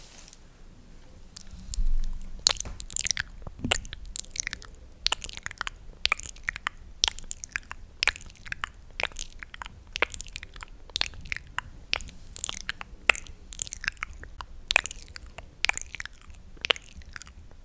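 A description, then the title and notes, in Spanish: Soft ASMR kisses: quick wet smacks and lip pops arriving every half second or so from about the second second to the end, some bright and crisp, others squishier. A low thump near the start sits under a quiet, steady background. ASMR Besitos para dormir.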